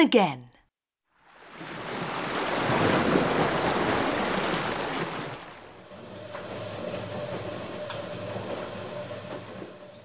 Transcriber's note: fx: montage: sea / washing machine / wind